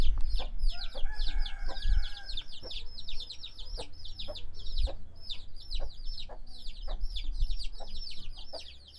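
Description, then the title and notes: Chicken chicks giving a steady stream of sharp, descending peeps, several birds calling over one another without pause, over a low background rumble. Several chicks peeping; Brazil, 05/07/2017 at 16:07; recorded on a Tascam DR-05 in stereo. "Pintinhos."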